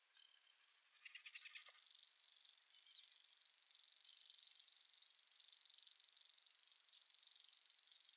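Common grasshopper warbler reeling: a high, continuous insect-like trill that fades in and then holds steady and even throughout.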